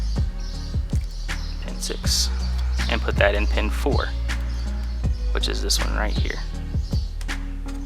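A depinned metal crimp terminal, pulled from pin six, is being moved into position four of a plastic headlight connector housing during a 350Z 8-pin to 6-pin headlight conversion. Someone talks over a steady tonal background with a few brief handling ticks. Nothing has seated or clicked yet when the clip ends.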